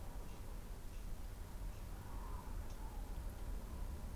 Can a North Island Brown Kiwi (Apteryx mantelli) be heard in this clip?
no